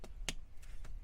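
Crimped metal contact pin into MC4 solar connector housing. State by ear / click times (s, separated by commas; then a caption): seated / 0.3 s. A crimped metal contact pin on a solar cable is pushed into a plastic MC4 connector housing. A sharp, bright click at 0.3 s shows it seating in place, with fainter taps before and after. The contact is seated.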